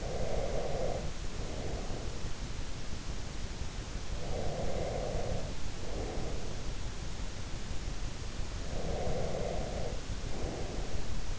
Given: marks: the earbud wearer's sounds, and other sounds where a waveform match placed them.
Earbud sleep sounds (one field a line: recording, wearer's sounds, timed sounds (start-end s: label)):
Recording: sounds in sleep by an in-ear microphone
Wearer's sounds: breath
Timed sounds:
0.00-2.14 s: breath
4.05-6.71 s: breath
8.51-11.39 s: breath